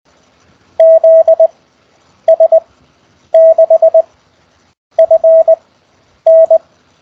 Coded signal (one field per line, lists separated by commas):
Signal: Morse code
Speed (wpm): 20 wpm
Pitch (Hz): 660 Hz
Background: none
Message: ZS6FN